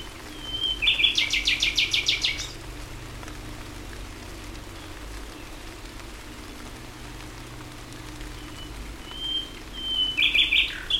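Common nightingale song: a whistled lead-in followed by a rapid buzzy rattle of repeated notes, a long pause, then a similar phrase returning near the end, with constant low hum.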